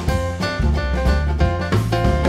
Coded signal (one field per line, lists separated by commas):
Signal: none